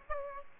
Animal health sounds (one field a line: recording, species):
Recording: mosquito wingbeat signal from an infrared sensor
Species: Aedes aegypti